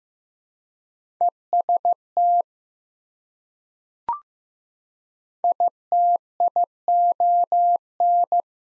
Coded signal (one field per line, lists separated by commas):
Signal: Morse code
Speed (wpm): 15 wpm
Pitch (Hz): 700 Hz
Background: none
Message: EST ITION